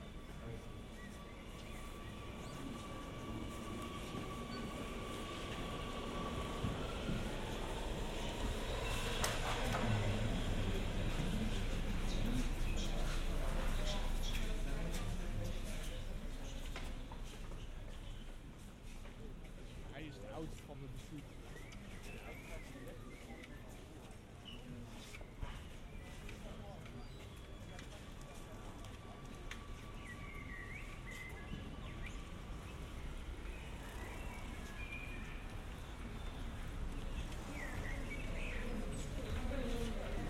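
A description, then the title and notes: Art lovers fill the Stedelijk Museum with a steady murmur of overlapping voices over a low rumble. The chatter swells between about ten and fifteen seconds, then settles. Scattered clicks and footsteps come through, and a faint thin tone hums briefly near the start and around thirty seconds. Generative soundscape based on a two-dimensional random walk between four binaural soundscapes recorded in Amsterdam. Art lovers at the Stedelijk Museum.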